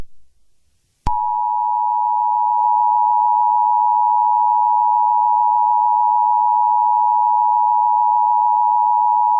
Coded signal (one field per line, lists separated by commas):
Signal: Emergency Alert System (SAME) tones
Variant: 853 and 960 Hz attention tone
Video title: EAS Scenario - Covid.